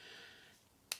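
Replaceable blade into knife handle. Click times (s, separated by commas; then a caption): 0.9 s. A replaceable metal blade is pushed into the slot of an Outdoor Edge hunting knife handle, which holds about five replaceable blades. After a quiet stretch, a short, sharp click rings out at 0.9 s as the blade snaps into place and seats in the handle.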